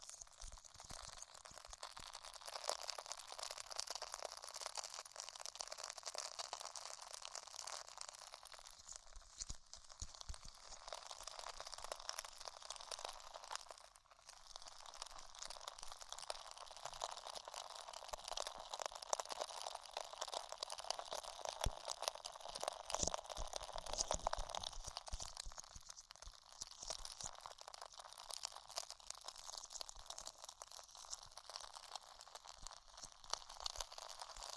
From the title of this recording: Extremely Tingly Ear Exploration